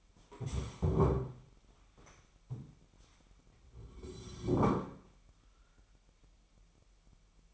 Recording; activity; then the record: daily activity, microphone in the room; stand up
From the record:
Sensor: 1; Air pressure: 998.6 hPa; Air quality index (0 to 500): 119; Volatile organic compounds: 3 ppm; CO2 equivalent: 1418 ppm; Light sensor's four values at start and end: 8/19/8/9 and 8/18/7/9